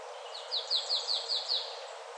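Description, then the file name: Marsh tit calling: a quick, evenly spaced run of several high, down-slurred chipping notes over a steady background rush of noise. "Poecile palustris"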